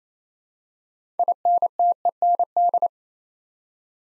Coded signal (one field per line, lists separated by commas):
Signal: Morse code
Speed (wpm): 27 wpm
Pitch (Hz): 700 Hz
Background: none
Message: INTEND